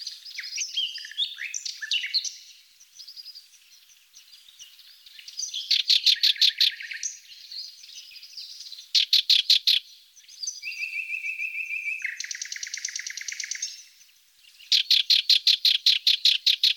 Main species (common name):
Sardinian Warbler